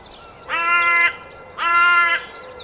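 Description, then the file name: Carrion crow giving two long, harsh caws about a second apart, raspy and evenly held, over quiet background. "Corvus corone"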